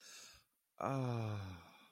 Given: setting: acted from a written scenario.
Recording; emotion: vocal sound without words; serenity